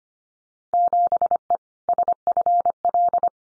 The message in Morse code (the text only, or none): 7E SFL